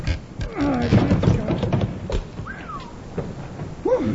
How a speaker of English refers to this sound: On the suspicion that Ace Batty is hiding Kate's stolen goods in a cellar under his store, Bill and Jingles wait until after dark and go back to pry up the trap door in Ace's loading platform. All right, Jingles. One more big one.